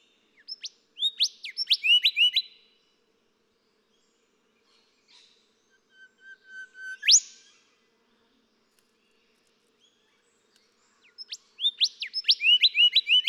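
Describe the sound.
Golden whistler phrases: bursts of quick sweeping whistled notes at the start and end, with a rising whip-crack note in the middle, silence between.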